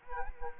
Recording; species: mosquito wingbeat signal from an infrared sensor; Culex quinquefasciatus